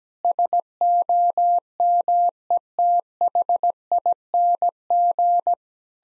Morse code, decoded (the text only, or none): SOMETHING